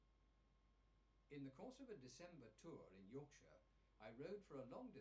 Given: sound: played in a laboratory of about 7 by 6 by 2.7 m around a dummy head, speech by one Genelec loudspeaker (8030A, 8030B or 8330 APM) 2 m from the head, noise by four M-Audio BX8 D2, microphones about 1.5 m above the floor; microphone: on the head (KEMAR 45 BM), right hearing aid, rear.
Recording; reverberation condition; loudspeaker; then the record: male speech in English; low; in front (0 degrees)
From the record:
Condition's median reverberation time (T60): about 310 ms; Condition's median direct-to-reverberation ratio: about 3.5 dB